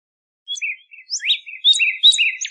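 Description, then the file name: Northern cardinal song: a string of varied high notes, short whistled slurs and sharp sweeps, with no other sounds. Arizona. "NOCA 5 Deviche"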